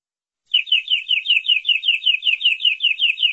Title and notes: Suara Burung Kenari